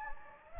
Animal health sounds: mosquito wingbeat signal from an infrared sensor; Anopheles gambiae

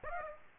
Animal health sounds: mosquito wingbeat signal from an infrared sensor; Aedes aegypti

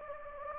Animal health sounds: mosquito wingbeat signal from an infrared sensor; Anopheles gambiae

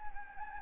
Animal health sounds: mosquito wingbeat signal from an infrared sensor; Anopheles gambiae

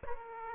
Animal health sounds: mosquito wingbeat signal from an infrared sensor; Aedes aegypti

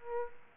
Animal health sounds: mosquito wingbeat signal from an infrared sensor; Aedes aegypti

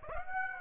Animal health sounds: mosquito wingbeat signal from an infrared sensor; Aedes aegypti

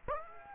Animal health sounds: mosquito wingbeat signal from an infrared sensor; Aedes aegypti

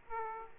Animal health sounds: mosquito wingbeat signal from an infrared sensor; Aedes aegypti

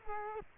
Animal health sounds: mosquito wingbeat signal from an infrared sensor; Culex quinquefasciatus

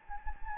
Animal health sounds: mosquito wingbeat signal from an infrared sensor; Anopheles gambiae

